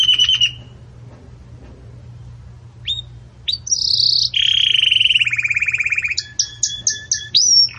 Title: Canto Do Canário Belga Campainha Para Encarte De Filhotes